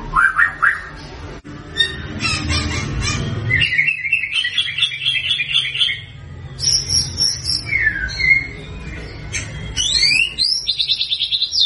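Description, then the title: White-rumped shama song, a varied run of whistled and chattering phrases, some high and sweeping, over a steady low hum. Actively singing (gacor) bird, used as a lure to make birds respond at once. "PANCINGAN MURAI BATU GACOR, LANGSUNG RESPON"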